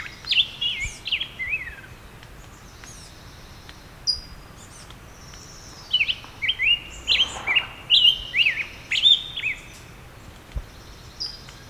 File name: Black-headed Grosbeak - Pheucticus melanocephalus